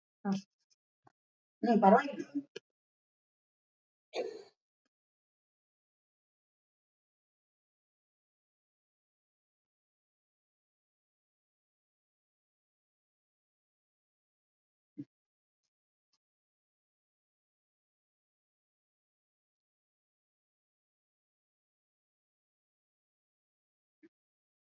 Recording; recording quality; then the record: shallow breathing; poor, much background noise or distortion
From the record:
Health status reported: recovered from COVID-19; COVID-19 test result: negative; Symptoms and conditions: cough, cold, fever, diabetes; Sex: male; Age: 72 years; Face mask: not worn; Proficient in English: yes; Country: India